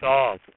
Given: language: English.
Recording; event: throat vibration sensor signal played as sound; speech